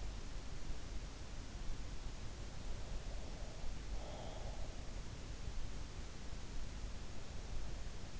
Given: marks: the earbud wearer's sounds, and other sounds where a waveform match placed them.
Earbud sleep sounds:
sounds in sleep by an in-ear microphone; breath
3.13-5.10 s: breath

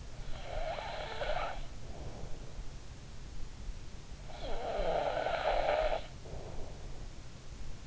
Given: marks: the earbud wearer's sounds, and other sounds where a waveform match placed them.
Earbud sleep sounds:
sounds in sleep by an in-ear microphone; snoring breath
0.00-2.52 s: snoring breath
4.22-6.95 s: snoring breath

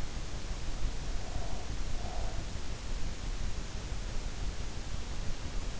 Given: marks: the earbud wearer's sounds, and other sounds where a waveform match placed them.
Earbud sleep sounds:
sounds in sleep by an in-ear microphone; breath
0.89-2.61 s: breath

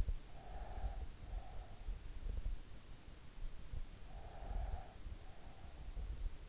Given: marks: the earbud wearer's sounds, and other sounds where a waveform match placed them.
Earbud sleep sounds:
sounds in sleep by an in-ear microphone; breath
0.00-2.32 s: breath
3.81-5.68 s: breath

